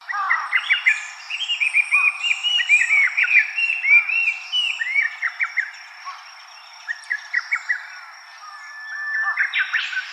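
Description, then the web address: Chinese hwamei song of rich whistled notes and slurred phrases, repeated in rapid series, pausing, then resuming, with a steady high tone in the background. Recorded 23 May 2015. "birdenaga gabityou 150523"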